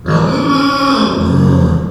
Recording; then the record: squeal of a Yucatan mini pig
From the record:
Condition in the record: after surgery on the right vocal fold (resection and tissue-engineered implant); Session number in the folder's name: 15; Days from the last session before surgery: 175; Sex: female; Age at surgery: 19 weeks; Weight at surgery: 25 kg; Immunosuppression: prednisolone